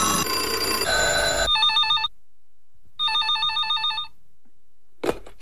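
signal or alarm, telephone ringing

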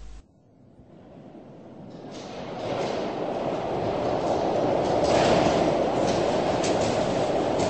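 vehicle, new York subway train

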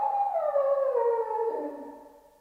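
animal, dog howling

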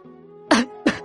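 human body sound, dry cough

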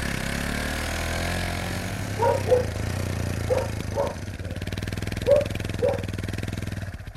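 vehicle, motorcycle engine running

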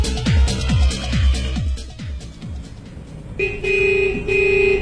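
vehicle, car horns honking

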